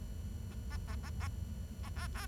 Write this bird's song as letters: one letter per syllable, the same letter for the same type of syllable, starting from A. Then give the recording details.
A A A A A A A B. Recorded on 23 June 2012 at 10:32. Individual gr41rd51